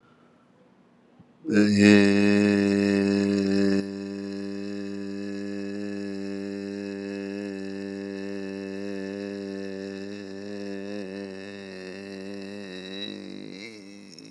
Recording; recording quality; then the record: sustained vowel as in made; excellent, no background noise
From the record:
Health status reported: exposed to COVID-19, no respiratory illness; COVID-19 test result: negative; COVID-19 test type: RT-PCR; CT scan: taken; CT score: 12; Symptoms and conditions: cold, hypertension, diabetes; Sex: male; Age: 76 years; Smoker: no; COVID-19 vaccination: both doses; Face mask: worn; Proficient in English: yes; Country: India